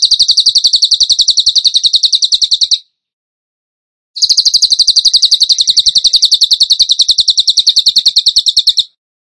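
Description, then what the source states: Bird song: two long rattling bursts of rapid, piercing high notes at a steady pace, split by a gap of about a second and a half. Masteran training recording; song in the tembakan gacor style.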